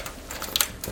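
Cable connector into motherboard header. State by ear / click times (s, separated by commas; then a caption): seated / 0.6 s. A cable connector is pushed carefully into its header on the motherboard during an i7 12700K PC build. Two sharp clicks at 0.6 s and 0.6 s mark the connector seating in place, with softer plastic handling ticks before and after.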